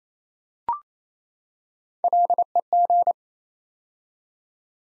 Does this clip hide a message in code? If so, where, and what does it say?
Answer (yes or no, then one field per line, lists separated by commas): yes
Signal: Morse code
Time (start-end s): 2.0-3.1 s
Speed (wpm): 27 wpm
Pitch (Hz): 700 Hz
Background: none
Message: LEG